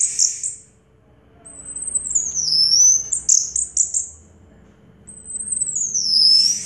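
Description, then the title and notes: Orange-headed thrush giving long high whistles that slide downward, with a few quick notes between. Anis merah song in the 'teler' style, with a clear voice. "Anis Merah Teler Suara Jernih. suara anis merah"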